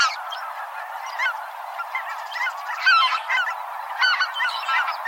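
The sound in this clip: Birds calling together in a flock: a thick wash of chattering and honking notes with louder sharp calls emerging every second or so.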